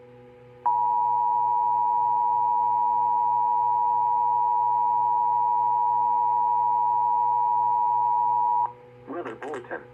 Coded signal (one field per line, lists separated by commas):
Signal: Emergency Alert System (SAME) tones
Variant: 853 and 960 Hz attention tone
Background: speech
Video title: EAS 7957-7972 EAS Alerts from 5/15/2025-5/17/2025 Pt. 3/3